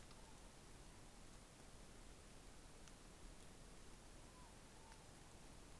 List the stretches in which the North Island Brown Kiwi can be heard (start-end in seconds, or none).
none